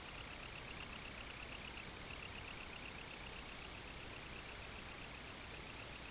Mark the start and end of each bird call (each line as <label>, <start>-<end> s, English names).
Semipalmated Sandpiper, 0.03-6.10 s